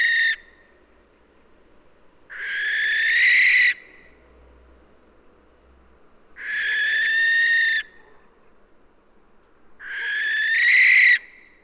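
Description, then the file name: Barn owl giving long, harsh hissing screeches about 1.4 seconds each, spaced roughly every three to four seconds, with a brief screech ending at the start and quiet gaps between. "Schleiereule - Tyto alba"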